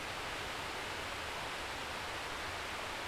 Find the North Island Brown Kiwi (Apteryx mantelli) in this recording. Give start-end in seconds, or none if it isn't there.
none